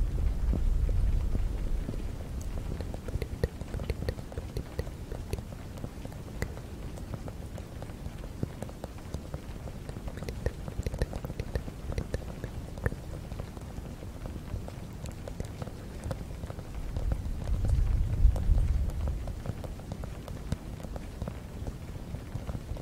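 Fast, gentle tapping runs continuously as a dense patter of soft clicks, with low breathy blowing swelling near the start and around eighteen seconds.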